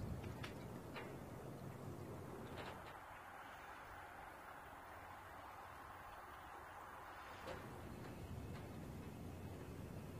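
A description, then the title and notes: An outdoor harbor scene with a steady low rumble and wash filling the air, likely engines or water. From about three to seven and a half seconds the deep rumble thins out, leaving a lighter hiss, then returns. A few faint clicks occur near the start. Nature | Valdez Harbor.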